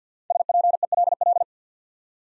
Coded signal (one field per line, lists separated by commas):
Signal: Morse code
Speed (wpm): 50 wpm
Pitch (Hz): 700 Hz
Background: none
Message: SPELL